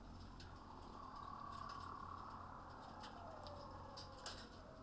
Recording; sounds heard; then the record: poultry house recording; healthy chickens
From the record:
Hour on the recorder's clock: 21